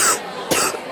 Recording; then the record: coughing mixed with background sound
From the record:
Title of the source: 34 coughing up crap again